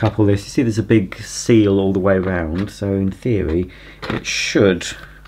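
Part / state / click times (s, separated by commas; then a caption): dust box lid onto dust container / not seated / none. A plastic dust box lid with a big seal all the way around is handled over the emptied porous plastic dust box of a Hoover Discovery bagless vacuum cleaner, ready to be coupled back on. Someone talks throughout, with a few faint knocks of handling. Nothing has seated or clicked yet; the lid is not yet home when the clip ends.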